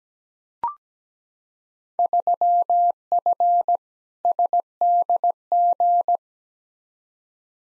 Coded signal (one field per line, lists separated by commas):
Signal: Morse code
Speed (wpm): 17 wpm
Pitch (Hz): 700 Hz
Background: none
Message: 3F SDG